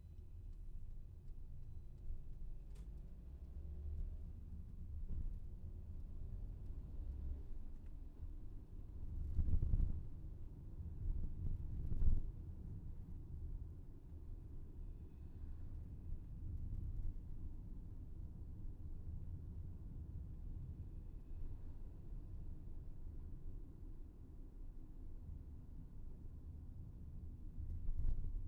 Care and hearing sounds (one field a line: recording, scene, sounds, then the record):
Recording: everyday scene through a hearing-aid microphone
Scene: in a vehicle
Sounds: engine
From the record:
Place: VW T5 Caravelle, diesel engine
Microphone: behind the ear, left, front